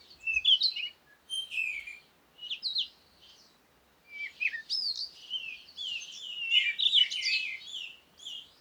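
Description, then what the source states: Birds twitter in busy high chirping phrases, thin whistles and quick slurs with short gaps, over a soft background hiss. Recorded at Komati, Africa, in the morning with wind; birds close.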